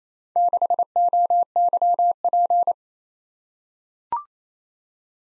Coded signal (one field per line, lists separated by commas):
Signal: Morse code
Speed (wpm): 27 wpm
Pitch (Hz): 700 Hz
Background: none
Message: 6OYP